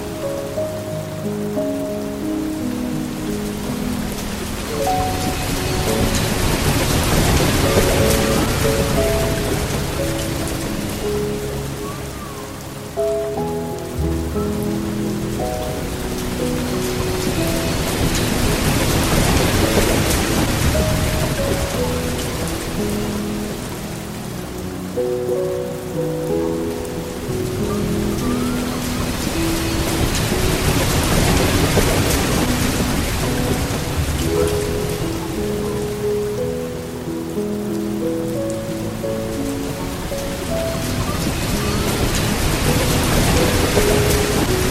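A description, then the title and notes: Soft piano notes drift over a steady rush of gentle flowing water that swells and eases every ten seconds or so. Immerse yourself in dreamy mixes of relaxing piano music and the gentle sounds of a soft water stream. The soothing sounds of a waterfall.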